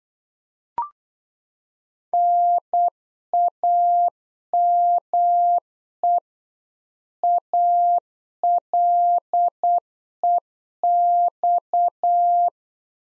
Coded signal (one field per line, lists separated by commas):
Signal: Morse code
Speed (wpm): 8 wpm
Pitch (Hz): 700 Hz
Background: none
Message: NAME ALEX